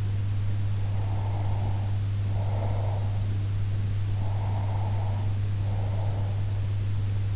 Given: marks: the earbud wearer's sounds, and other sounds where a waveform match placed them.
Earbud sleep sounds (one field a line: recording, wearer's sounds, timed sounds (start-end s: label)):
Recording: sounds in sleep by an in-ear microphone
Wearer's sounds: breath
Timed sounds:
0.87-3.28 s: breath
4.13-6.48 s: breath